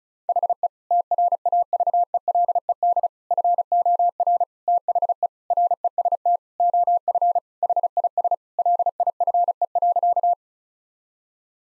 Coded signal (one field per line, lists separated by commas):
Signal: Morse code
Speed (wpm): 36 wpm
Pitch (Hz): 700 Hz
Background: none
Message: HE TRAVELED FOR THE REST OF HIS LIFE.